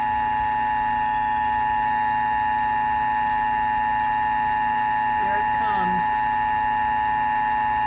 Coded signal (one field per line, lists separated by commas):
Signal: Emergency Alert System (SAME) tones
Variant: 853 and 960 Hz attention tone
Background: speech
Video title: WBAP Texas Amber Alert EAS with Siren